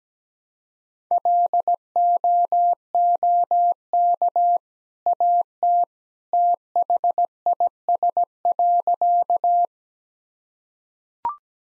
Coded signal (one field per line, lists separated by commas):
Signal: Morse code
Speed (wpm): 17 wpm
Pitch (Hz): 700 Hz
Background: none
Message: LOOK AT THIS.